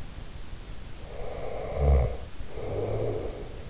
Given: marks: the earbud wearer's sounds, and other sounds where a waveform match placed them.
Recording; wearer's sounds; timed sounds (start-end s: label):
sounds in sleep by an in-ear microphone; snoring breath
1.07-3.64 s: snoring breath